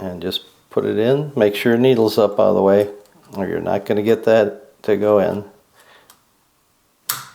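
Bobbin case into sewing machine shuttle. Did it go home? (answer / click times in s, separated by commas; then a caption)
yes / 7.1 s. A loaded bobbin case is pushed into the metal shuttle under the slide plate of a vintage Singer 15-90 sewing machine, with the needle raised all the way. Someone talks, and after a quiet pause the bobbin case seats with a sharp metallic click at 7.1 s.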